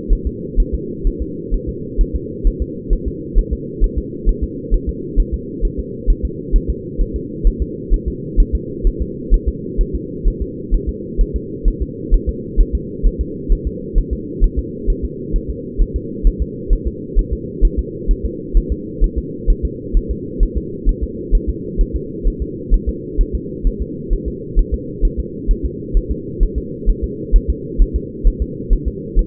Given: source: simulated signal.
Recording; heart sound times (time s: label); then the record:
fetal heart sounds
0.13 s: S1
0.27 s: S2
0.60 s: S1
0.74 s: S2
1.07 s: S1
1.22 s: S2
1.54 s: S1
1.69 s: S2
2.01 s: S1
2.16 s: S2
2.47 s: S1
2.62 s: S2
2.93 s: S1
3.08 s: S2
3.39 s: S1
3.53 s: S2
3.84 s: S1
3.98 s: S2
4.29 s: S1
4.44 s: S2
4.74 s: S1
4.89 s: S2
5.20 s: S1
5.34 s: S2
5.65 s: S1
5.80 s: S2
6.10 s: S1
6.25 s: S2
6.56 s: S1
6.70 s: S2
7.01 s: S1
7.16 s: S2
7.47 s: S1
7.62 s: S2
7.94 s: S1
8.08 s: S2
8.40 s: S1
8.55 s: S2
8.87 s: S1
9.02 s: S2
9.34 s: S1
9.48 s: S2
9.81 s: S1
9.95 s: S2
10.28 s: S1
10.42 s: S2
10.74 s: S1
10.89 s: S2
11.21 s: S1
11.36 s: S2
11.68 s: S1
11.82 s: S2
12.14 s: S1
12.29 s: S2
12.61 s: S1
12.75 s: S2
13.07 s: S1
13.21 s: S2
13.52 s: S1
13.67 s: S2
13.98 s: S1
14.13 s: S2
14.44 s: S1
14.59 s: S2
14.90 s: S1
15.05 s: S2
15.36 s: S1
15.50 s: S2
15.82 s: S1
15.96 s: S2
16.27 s: S1
16.42 s: S2
16.73 s: S1
16.87 s: S2
17.19 s: S1
17.33 s: S2
17.65 s: S1
17.79 s: S2
18.11 s: S1
18.25 s: S2
18.57 s: S1
18.72 s: S2
19.04 s: S1
19.18 s: S2
19.50 s: S1
19.65 s: S2
19.97 s: S1
20.11 s: S2
20.43 s: S1
20.57 s: S2
20.89 s: S1
21.03 s: S2
21.35 s: S1
21.50 s: S2
21.81 s: S1
21.96 s: S2
22.28 s: S1
22.42 s: S2
22.74 s: S1
22.89 s: S2
23.21 s: S1
23.35 s: S2
23.67 s: S1
23.82 s: S2
24.13 s: S1
24.28 s: S2
24.59 s: S1
24.74 s: S2
25.05 s: S1
25.19 s: S2
25.51 s: S1
25.65 s: S2
25.97 s: S1
26.11 s: S2
26.43 s: S1
26.58 s: S2
26.90 s: S1
27.04 s: S2
27.36 s: S1
27.50 s: S2
27.82 s: S1
27.96 s: S2
28.27 s: S1
28.42 s: S2
28.73 s: S1
28.88 s: S2
29.19 s: S1
From the record:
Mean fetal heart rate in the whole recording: 130 bpm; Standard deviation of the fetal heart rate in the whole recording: 2 bpm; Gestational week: 38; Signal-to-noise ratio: -4.1 dB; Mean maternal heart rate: no maternal heart sound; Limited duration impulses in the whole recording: absent